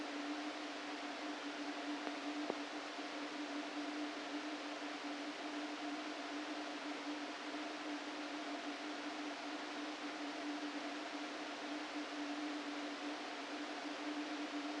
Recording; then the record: brain microelectrode recording played as sound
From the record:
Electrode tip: outside the subthalamic nucleus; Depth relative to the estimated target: 5 mm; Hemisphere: right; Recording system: NeuroSet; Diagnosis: Parkinson's disease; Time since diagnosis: 13 years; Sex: male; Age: 49 years